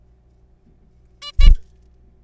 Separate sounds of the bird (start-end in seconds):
1.22-1.32, 1.40-1.49